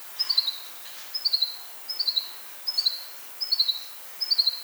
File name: Fringilla coelebs